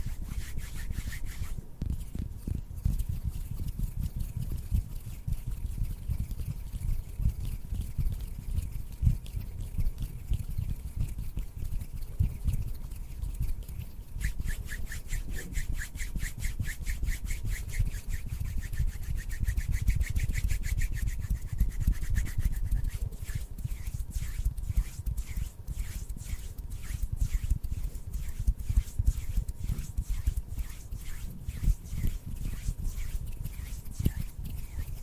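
Dense rubbing of hands, steady and rapid with scratchy friction strokes, a low rumbling undertone and brighter rasping bursts around twenty and thirty seconds.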